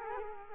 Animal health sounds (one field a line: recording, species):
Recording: mosquito wingbeat signal from an infrared sensor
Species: Culex quinquefasciatus